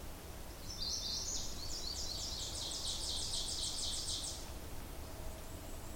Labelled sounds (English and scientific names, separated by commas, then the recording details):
Ovenbird (Seiurus aurocapilla) song
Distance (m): 70 m
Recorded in boreal forest in Alberta, Canada, on 26 May 2016 at 07:19
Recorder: SongMeter 3, array SBT-3-15
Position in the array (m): 41 m, 225 m
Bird 20